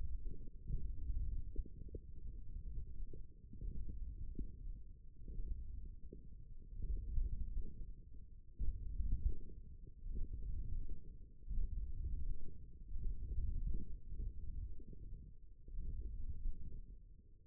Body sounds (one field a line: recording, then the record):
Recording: forearm muscle sounds (acoustic myography)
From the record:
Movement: hand closing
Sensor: system 1, eight BSWA MPA416 microphones around the upper forearm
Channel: 4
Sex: male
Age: 18 years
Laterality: right